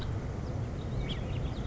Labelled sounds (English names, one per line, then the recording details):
House Finch
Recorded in Sonoma County, California